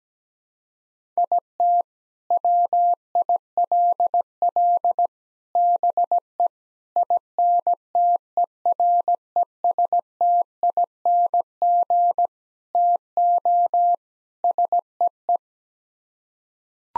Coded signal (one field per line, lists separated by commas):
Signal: Morse code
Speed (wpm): 17 wpm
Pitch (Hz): 700 Hz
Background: none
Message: IT WILL BE INTERESTING TO SEE